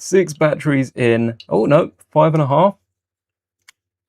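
Someone talks for the first few seconds, then goes quiet. At 3.7 s a short, sharp click is heard as the last AA battery is pushed fully into the battery box of a brick robot hub, and it snaps into place and seats.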